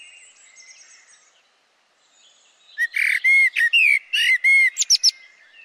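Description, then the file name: Eurasian blackbird, quiet at first, then a loud burst of repeated ringing chirps with short whistled slurs over about three seconds. "Turdus merula"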